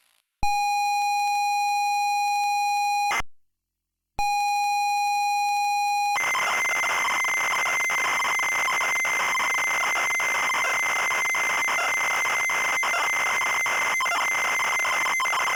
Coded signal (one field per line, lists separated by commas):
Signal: ZX Spectrum tape loading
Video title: ZX Spectrum Loading Screen (AI 6)